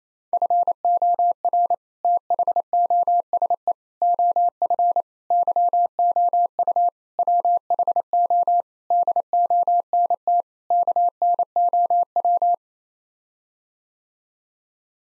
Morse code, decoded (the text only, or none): FOR THOSE OF YOU WHO DONT KNOW